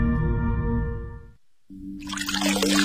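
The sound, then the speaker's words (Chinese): Water gushes steadily from a tap, a loud, hissy rush that begins after a short silence and follows a sustained humming tone at the start. “你知道随时关紧水龙头可以节省很多水”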